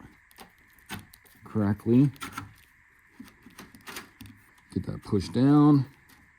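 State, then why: Not seated. A Gxenogo LED headlight assembly for a Chevy Silverado, Tahoe or Suburban is pressed into the truck's front mounting until it lines up, with scattered light knocks and handling clicks while someone talks. It has not seated or snapped into place yet.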